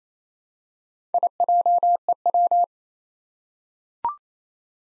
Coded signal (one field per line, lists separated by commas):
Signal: Morse code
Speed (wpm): 29 wpm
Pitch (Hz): 700 Hz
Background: none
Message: IJEW